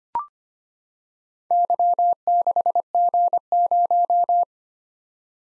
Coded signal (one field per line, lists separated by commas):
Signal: Morse code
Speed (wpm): 25 wpm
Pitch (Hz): 700 Hz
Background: none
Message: Y6G0